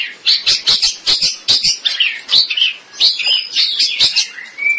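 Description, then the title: Long-tailed shrike song: varied harsh chatter and squeaky notes that end in a short, level whistle. "Kicau Burung Pentet"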